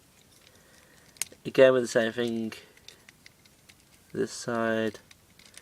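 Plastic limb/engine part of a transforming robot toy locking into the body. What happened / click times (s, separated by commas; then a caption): Plastic parts handled, nothing clearly seated yet / none. Someone talks while handling a plastic Transformers Sandstorm robot toy, working the limb/engine part on one side so it can lock into the body, with faint taps and plastic handling noises between the words. The part has not seated or clicked yet.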